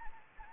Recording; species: mosquito wingbeat signal from an infrared sensor; Anopheles gambiae